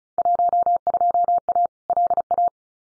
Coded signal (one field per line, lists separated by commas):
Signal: Morse code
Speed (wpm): 36 wpm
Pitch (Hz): 700 Hz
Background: none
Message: 12A LA